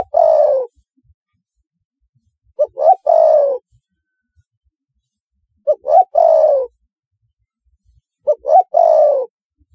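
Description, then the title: Spotted dove cooing: two short rising notes then a longer, falling, throaty coo, the phrase repeated about every three seconds in quiet surroundings. "Tekukur"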